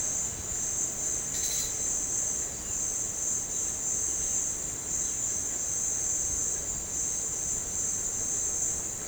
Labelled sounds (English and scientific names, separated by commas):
none